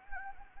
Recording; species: mosquito wingbeat signal from an infrared sensor; Anopheles gambiae